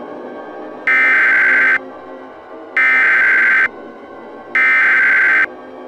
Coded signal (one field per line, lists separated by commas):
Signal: Emergency Alert System (SAME) tones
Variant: header bursts